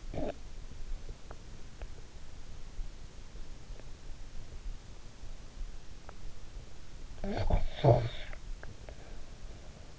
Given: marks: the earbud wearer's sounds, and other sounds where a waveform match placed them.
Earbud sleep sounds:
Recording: sounds in sleep by an in-ear microphone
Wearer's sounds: snoring breath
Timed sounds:
0.00-0.54 s: snoring breath
6.91-8.83 s: snoring breath

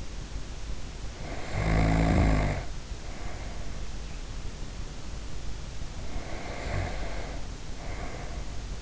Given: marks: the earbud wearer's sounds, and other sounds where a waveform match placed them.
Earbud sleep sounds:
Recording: sounds in sleep by an in-ear microphone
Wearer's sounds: snoring breath, breath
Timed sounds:
0.93-3.87 s: snoring breath
5.91-8.81 s: breath

